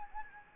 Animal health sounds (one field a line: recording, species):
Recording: mosquito wingbeat signal from an infrared sensor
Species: Anopheles gambiae